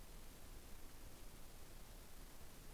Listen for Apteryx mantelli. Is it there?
no